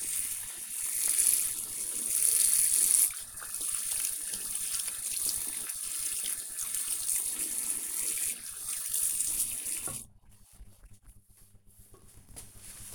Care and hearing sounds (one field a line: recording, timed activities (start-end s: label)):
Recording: household activities, microphone on the right wrist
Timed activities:
0.00-10.62 s: washing hands